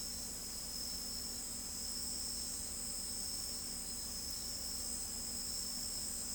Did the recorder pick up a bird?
no